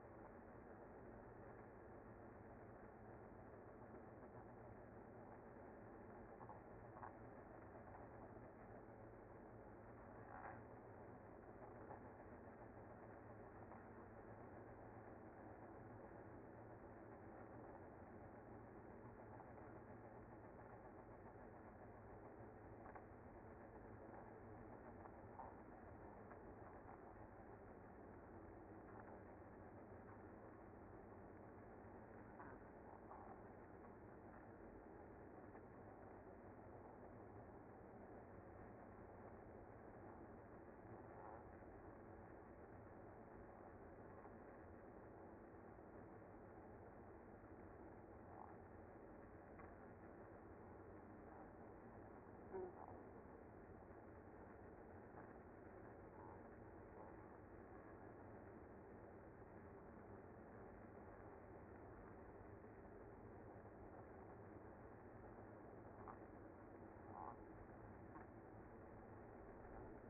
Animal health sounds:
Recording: honeybee colony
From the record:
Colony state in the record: active

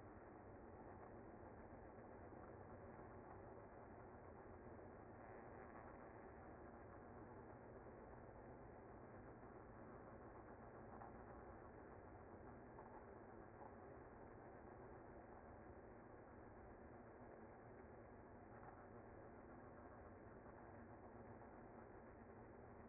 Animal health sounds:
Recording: honeybee colony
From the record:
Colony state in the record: active

